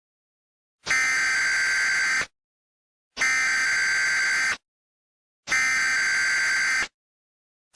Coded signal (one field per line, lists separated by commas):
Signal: Emergency Alert System (SAME) tones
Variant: header bursts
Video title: EAS scenario (the black fog) ￼PART ONE